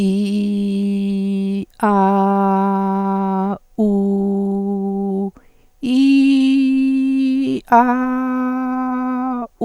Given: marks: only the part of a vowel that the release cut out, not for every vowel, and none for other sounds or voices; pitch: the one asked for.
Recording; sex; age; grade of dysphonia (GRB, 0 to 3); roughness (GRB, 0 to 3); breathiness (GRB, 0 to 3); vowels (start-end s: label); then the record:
sustained vowels; female; 60 to 69 years; 2; 0; 0
0.00-1.53 s: vowel /i/, normal pitch
1.91-3.47 s: vowel /a/, normal pitch
3.87-5.19 s: vowel /u/, normal pitch
5.93-7.53 s: vowel /i/, high pitch
7.79-9.37 s: vowel /a/, high pitch
From the record:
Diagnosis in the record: phonasthenia (vocal fatigue); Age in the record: 64 years